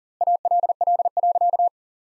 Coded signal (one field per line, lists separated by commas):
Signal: Morse code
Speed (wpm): 40 wpm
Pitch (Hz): 700 Hz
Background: none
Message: ALL.